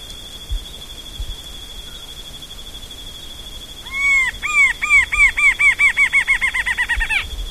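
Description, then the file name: Rufous-winged antshrike: after a few quiet seconds with a steady high buzz, arched notes start and accelerate into a fast, tightening run. "Thamnophilustorquatusjmb"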